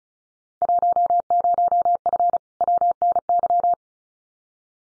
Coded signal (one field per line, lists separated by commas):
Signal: Morse code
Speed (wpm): 34 wpm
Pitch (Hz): 700 Hz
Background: none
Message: 10F WNY